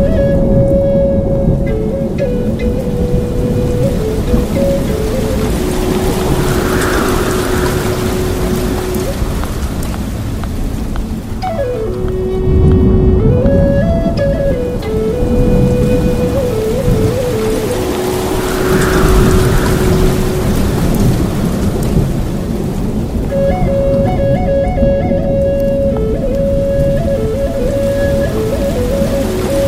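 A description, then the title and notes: Soft piano music plays over the steady rushing hum of a waterfall, which fills the low and middle range throughout. The melody moves in slow stepped phrases that fall and rise, repeating roughly every eleven or twelve seconds, with faint bright chimes above. Enchanting piano music, the gentle hum of a waterfall, and the comforting embrace of ambient sounds. Gentle water ripples.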